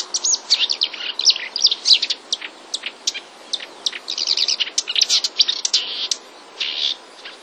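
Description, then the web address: Marsh warbler singing a rapid, varied medley of chirps, buzzy bursts and high ticking notes, with brief gaps between the runs. Marsh warbler song containing borrowed sparrow-like calls (mimicry). "wroblowe zapozyczenia lozowka"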